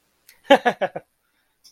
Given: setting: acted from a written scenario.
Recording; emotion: vocal sound without words; amusement